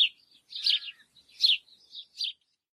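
Bird uttering several quick high, squeaky chirps with short silences between them.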